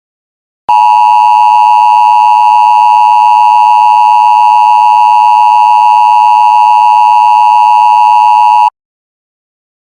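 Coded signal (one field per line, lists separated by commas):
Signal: Emergency Alert System (SAME) tones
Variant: 853 and 960 Hz attention tone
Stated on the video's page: Simulated EAS scenario: hurricane emergency for Miami-Dade, Florida.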